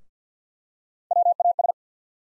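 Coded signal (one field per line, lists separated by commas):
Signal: Morse code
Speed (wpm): 50 wpm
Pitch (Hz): 700 Hz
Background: none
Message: WAS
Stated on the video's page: Morse practice of three-letter USA callsign postfixes at 50 wpm for head copy.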